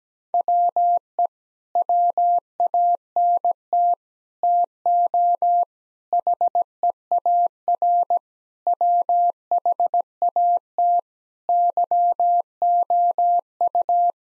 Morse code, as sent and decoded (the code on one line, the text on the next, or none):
.-- . / .-- .- -. - / - --- / .... . .- .-. / .-- .... .- - / -.-- --- ..-
WE WANT TO HEAR WHAT YOU